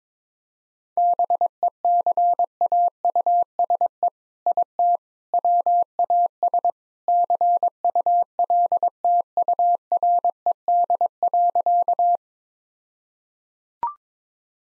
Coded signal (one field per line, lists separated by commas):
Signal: Morse code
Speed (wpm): 22 wpm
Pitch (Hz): 700 Hz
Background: none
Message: BECAUSE IT WAS CULTURED.